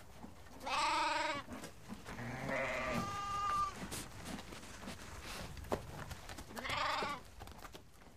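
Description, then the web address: Sheep bleating a few times, wavering harmonic bleats spread over several seconds, with soft clicks between them. "le belement des moutons le machonnement des chevaux le reniflement des chevaux"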